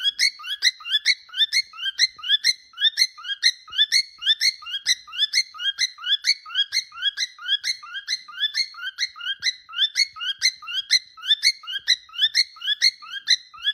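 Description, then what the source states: Cockatiel chirps in a fast continuous series, short harsh notes repeated about twice a second throughout, with nothing else audible. Several cockatiels, whistling and singing.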